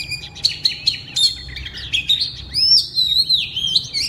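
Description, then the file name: Oriental magpie-robin singing sharp ticking notes that lead into a flowing stream of whistles and rising slurs. Loud song in the ngeplong style (kacer ngeplong keras). "suara kacer ngeplong keras"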